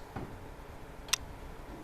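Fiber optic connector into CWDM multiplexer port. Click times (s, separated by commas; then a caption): 1.1 s. A fiber optic patch cable connector, with its dust caps removed, is pushed into the 4090 port of a CWDM multiplexer. After a faint low bump near 0.2 s, a single sharp, bright click sounds at 1.1 s over a quiet background. The connector seats in the port.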